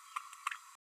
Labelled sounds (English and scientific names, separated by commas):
Green-rumped Parrotlet (Forpus passerinus) babbling